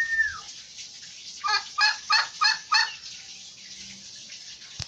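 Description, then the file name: Turkey calls: a brief falling whistle, then five harsh, evenly spaced notes in quick succession, with a sharp click at the end. "canto do peru"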